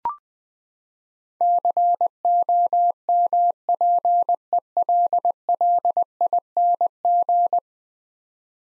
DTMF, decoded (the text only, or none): none